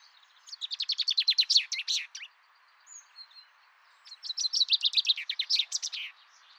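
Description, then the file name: Common chaffinch singing two bright phrases of repeated chipping notes, each ending in a flourish, with a few soft notes between them. "Fringilla coelebs"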